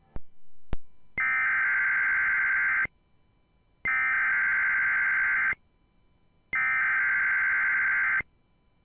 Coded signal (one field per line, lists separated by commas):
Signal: Emergency Alert System (SAME) tones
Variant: header bursts